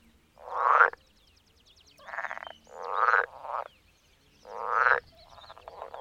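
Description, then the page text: Pool frog giving harsh buzzing croaks in several short bursts, with gaps and quieter rattling phrases between them. "Голоса амфибий - Лягушка прудовая (Pelophylax lessonae)"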